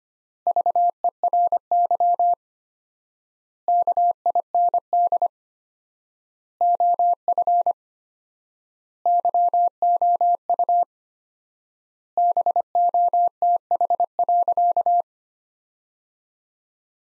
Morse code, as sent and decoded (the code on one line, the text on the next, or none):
...- . .-. -.-- / -.- .. -. -.. / --- ..-. / -.-- --- ..- / -... --- - .... .-.-.-
VERY KIND OF YOU BOTH.